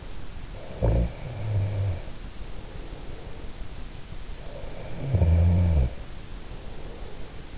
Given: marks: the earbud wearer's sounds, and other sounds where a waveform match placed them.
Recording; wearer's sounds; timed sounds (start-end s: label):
sounds in sleep by an in-ear microphone; snoring breath
0.86-3.31 s: snoring breath
4.48-7.58 s: snoring breath